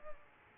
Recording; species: mosquito wingbeat signal from an infrared sensor; Aedes aegypti